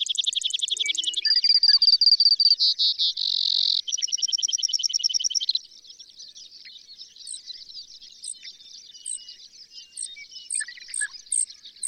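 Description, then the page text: Brewer's sparrow giving loud fast trills and a buzzy stretch, then softer rambling twitters with scattered high chips that come closer together toward the end. Energized dawn singing: continuous canary-like song ramble sweeping down the scale, alternating with long series of high, buzzy, insectlike trills and zeeet calls; May 27, 2006, Pawnee National Grassland, Colorado. "Birdsong for the Curious Naturalist. Brewer's sparrow"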